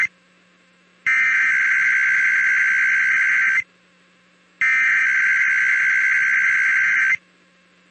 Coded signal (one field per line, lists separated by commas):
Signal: Emergency Alert System (SAME) tones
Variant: header bursts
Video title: IPAWS Weekly Tests (EAS #570-575) 8/12/24